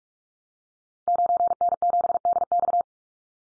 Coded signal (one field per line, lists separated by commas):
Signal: Morse code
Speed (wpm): 44 wpm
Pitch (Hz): 700 Hz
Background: none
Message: 9N7DX